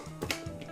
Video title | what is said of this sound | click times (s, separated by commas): Avon M50 Gas Mask Disassemble & Assemble | here click go ahead and take your lens | 0.3 s